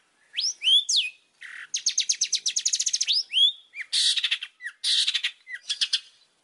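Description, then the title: Oriental magpie-robin song: rising whistles, a quick trilled series of clear notes, then harsher buzzy bursts and more slurred whistles. Whistled song of an Oriental magpie-robin in full, active voice, used as a lure to prompt other magpie-robins to answer. "Pancingan Suara Siulan Kacer Gacor Mantap Untuk Memancing Kacer Lain Agar Mau Nyaut Bunyi"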